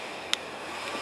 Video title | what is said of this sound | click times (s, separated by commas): Send And Receive Messages From The inReach Explorer [Review] | You slide it back and it clicks. See if you can hear that. | 0.3 s